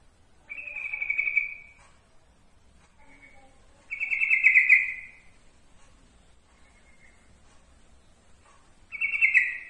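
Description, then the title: Yellow-vented bulbul song: three strong, pulsed high trills a few seconds apart, with softer brief notes in the gaps. Masteran training recording of trucukan song. "Masteran Ampuh Suara Trucukan"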